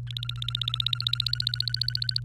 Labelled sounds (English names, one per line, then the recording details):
Domestic Canary song
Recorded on 28 April 2018 at 14:28
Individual llb3